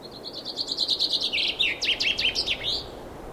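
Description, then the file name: Common chaffinch singing a single full phrase, an accelerating descending trill of sharp notes ending in a flourish, over faint background hiss. "Fringilla coelebs"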